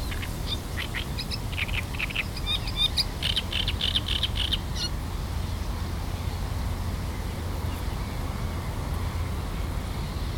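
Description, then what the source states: Great reed warbler song of coarse, jerky repeated syllables for roughly five seconds, followed by only low rumbling background noise. Recorded on 23 June.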